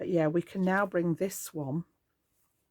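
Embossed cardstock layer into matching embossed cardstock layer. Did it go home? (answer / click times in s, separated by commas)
no / none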